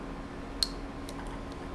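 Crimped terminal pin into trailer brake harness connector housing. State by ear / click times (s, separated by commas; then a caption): seated / 0.6 s. A crimped terminal pin is pushed into its position in the plastic connector housing of a Jeep Gladiator trailer brake controller harness while two pins are swapped. A single sharp click at 0.6 s stands out over a steady low hum, followed by a much fainter tick at 1.1 s. The pin is seated.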